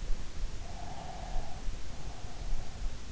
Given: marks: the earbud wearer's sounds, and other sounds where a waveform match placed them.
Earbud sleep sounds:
sounds in sleep by an in-ear microphone; breath
0.66-3.12 s: breath

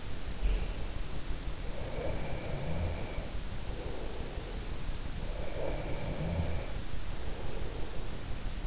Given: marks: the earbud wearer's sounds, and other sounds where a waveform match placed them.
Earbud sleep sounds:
sounds in sleep by an in-ear microphone; breath
2.05-4.63 s: breath
5.31-8.67 s: breath

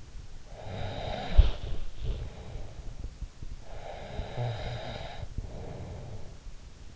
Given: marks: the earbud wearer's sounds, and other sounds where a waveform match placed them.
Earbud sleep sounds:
sounds in sleep by an in-ear microphone; snoring breath
0.05-2.76 s: snoring breath
3.39-6.96 s: snoring breath

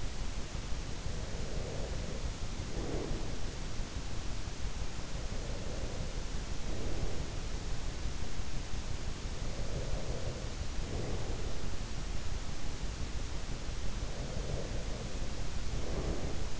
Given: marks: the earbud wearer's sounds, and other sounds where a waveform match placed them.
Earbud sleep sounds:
sounds in sleep by an in-ear microphone; breath
0.89-3.62 s: breath
5.13-7.67 s: breath
9.38-11.84 s: breath
13.84-16.59 s: breath

